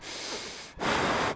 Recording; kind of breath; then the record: one breath in and out by a microphone near the nose and mouth; strong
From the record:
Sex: male